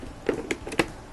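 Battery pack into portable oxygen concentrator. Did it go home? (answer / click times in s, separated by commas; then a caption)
yes / 0.8 s. A battery pack is slid in from the side of a FreeStyle 3 portable oxygen concentrator until it latches. A few short clicks and scrapes come at about 0.3, 0.5 and 0.7 s, then a sharp snap at 0.8 s as the pack seats and locks into place.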